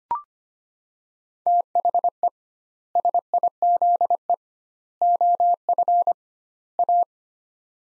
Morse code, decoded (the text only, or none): THE SIZE OF A